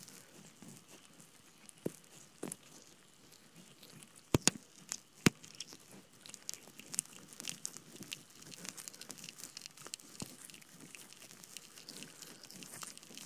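Ear cleaning: a soft, scratchy rustle of crinkling and scraping, with sharp clicks around 2, 4.5, 5.3 and 10 seconds. After about six seconds the crackle grows denser and brighter, a steady grainy patter continuing to the end.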